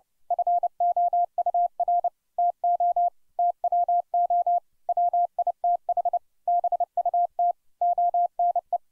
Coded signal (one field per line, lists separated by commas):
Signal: Morse code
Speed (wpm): 30 wpm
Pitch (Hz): 700 Hz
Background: none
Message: FOUR TO TWO WITH BUT ONE